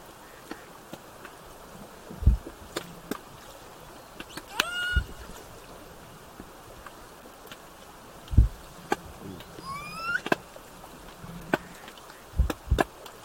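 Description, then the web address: Killer whale calls: two rising, harmonic-rich upsweeps near five and ten seconds, with clicks and low thumps over steady underwater hiss. Southern Resident killer whales with a calf, recorded 17 September 2024. "SRKW bouts 240917-1700-OS-L 90 calf"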